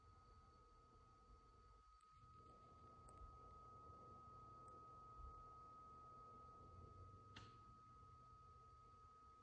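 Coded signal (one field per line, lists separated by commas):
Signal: 300-baud modem data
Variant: Bell 103, 300 baud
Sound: a steady unbroken tone around 1.3 kHz over low hiss, with a few faint clicks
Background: room noise, low hum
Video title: Livermore Data Systems (Model B 300 Baud Modem) calling the Level 29 BBS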